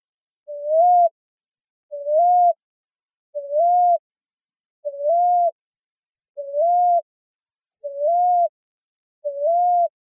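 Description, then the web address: Common ground dove calling, a soft low rising 'woo-up' coo repeated steadily about every one and a half seconds, seven coos, nothing else audible. Recorded in Arizona, United States, on 1 July 2006. "Doves AZFO COGD 070106. deviche"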